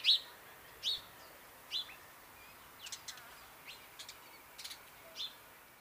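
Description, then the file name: House sparrow calls, a few short high chirps spaced out over faint background hiss. "Passer domesticus"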